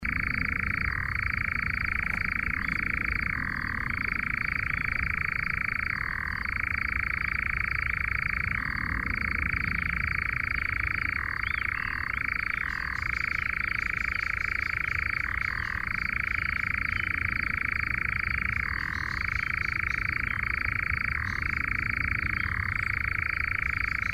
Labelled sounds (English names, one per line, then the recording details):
Eurasian Nightjar song
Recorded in the wild
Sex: male
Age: adult
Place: Schönow, Naturpark Barnim, Brandenburg, DE
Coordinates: 52.6903, 13.4997
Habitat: heather
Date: 2013-06-07 22:05
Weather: clear, windless, 15°C
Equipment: Sound Devices 702, Sennheiser MKH 70, Rycote Windschutz
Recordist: Frommolt, Karl-Heinz
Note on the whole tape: Trockenfläche im Naturschutzgebiet Schönower Heide: Gesang eines Ziegenmelkers mit Flügelklatschen am Schluss. Tier sang auf Kiefer. Entfernung 32 m